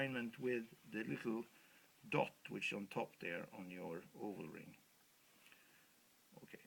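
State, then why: Not seated. Someone talks while an oval Antares seal ring is handled and lined up by the small marker dot on its top before being mounted into the mounting ring of a WP dry suit. Only faint handling noises follow, around 5.5 s and 6.5 s. Nothing has seated or clicked yet.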